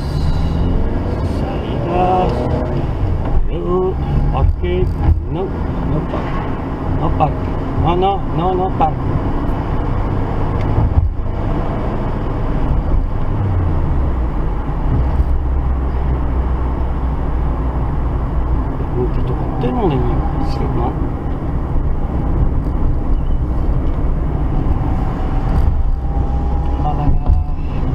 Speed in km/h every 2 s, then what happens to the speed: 28, 22, 31, 33, 36, 38, 39, 39, 39, 39, 42, 39, 41, 39.
0-2 slows to 22. 2-8 speeds up to 36. 8-28 steady at about 39.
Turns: none.